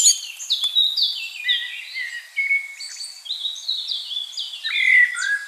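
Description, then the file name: Common blackbird song mixing thin, high chattering notes with several downslurred whistles, delivered in a steady, unbroken stream. "Turdus merula"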